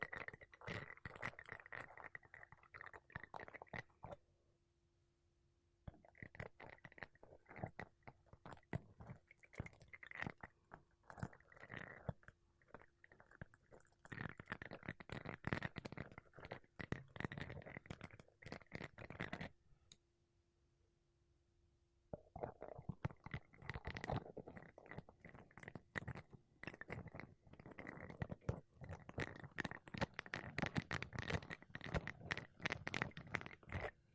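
Makeup brushes and a sponge brush across a microphone in dense, scratchy bursts of rapid strokes, bright and rustling with a soft low thump underneath. The brushing stops for quiet pauses near 4–6 seconds and 20–22 seconds, leaving only a faint steady hum.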